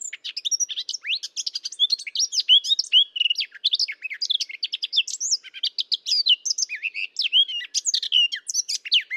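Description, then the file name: Eurasian blackcap singing a long, continuous warble of rapid scratchy notes mixed with clear whistled phrases, filling the whole stretch without pause. "Sylvia atricapilla"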